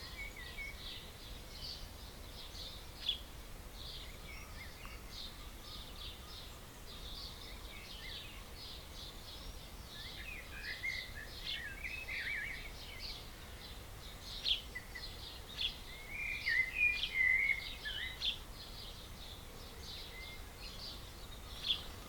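A dawn chorus of many birds chirping and trilling nonstop over a steady low hiss, with louder bright calls clustering between fifteen and eighteen seconds.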